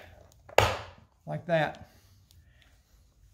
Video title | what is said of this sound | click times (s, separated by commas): Muth LED Signal Mirrors installed on 2018+ Honda Goldwing | don't be too concerned that you're going to break something but we're going to just press down and you'll hear it pop when it releases like | 0.6 s